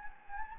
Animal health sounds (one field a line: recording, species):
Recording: mosquito wingbeat signal from an infrared sensor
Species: Anopheles gambiae